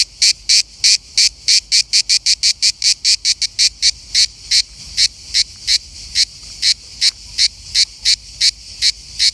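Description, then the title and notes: Cicada song of loud, grating buzzy pulses that come quickly at first, then space out slightly, continuing throughout. Cicada heard while on holiday in Verona. "Eine Zikade im Urlaub in Verona"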